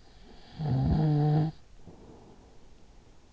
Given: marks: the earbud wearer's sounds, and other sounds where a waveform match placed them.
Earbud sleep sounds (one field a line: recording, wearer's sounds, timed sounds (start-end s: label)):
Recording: sounds in sleep by an in-ear microphone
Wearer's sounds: snoring breath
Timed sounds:
0.01-3.32 s: snoring breath